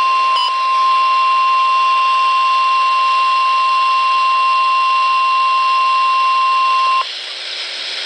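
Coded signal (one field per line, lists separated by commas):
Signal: Emergency Alert System (SAME) tones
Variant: 1050 Hz attention tone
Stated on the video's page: Severe Thunderstorm Warning from the NWS in Upton, NY, received on NOAA Weather Radio with a Midland WR-100 receiver.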